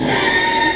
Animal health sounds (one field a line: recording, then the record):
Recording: squeal of a Yucatan mini pig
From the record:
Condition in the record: before surgery on the right vocal fold (resection and tissue-engineered implant)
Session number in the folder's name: 1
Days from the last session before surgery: -3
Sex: male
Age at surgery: 12 weeks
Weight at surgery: 13 kg